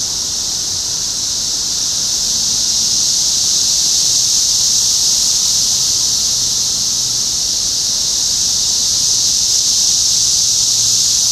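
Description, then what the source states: Cicada chorus: a continuous shrill, hissing drone with no pauses, growing slightly louder through the stretch, and a faint low hum beneath. Recorded in Topeka, Kansas, on 14 June 2015.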